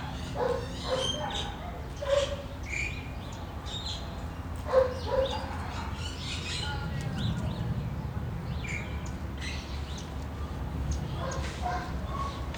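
Birds sing throughout a Saturday morning backyard in Phoenix, Arizona, with bright chirps and short trills scattered across the clip. A low, steady rumble like a passing plane runs underneath and swells midway, and a few sharper calls stand out near two and five seconds.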